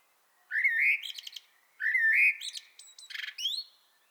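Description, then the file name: Common blackbird song with two rising flute-like whistled phrases, each trailing off into high chattering squeaks, the last ending in a thin upward whistle. "Turdus merula"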